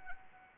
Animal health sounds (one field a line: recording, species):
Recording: mosquito wingbeat signal from an infrared sensor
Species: Anopheles arabiensis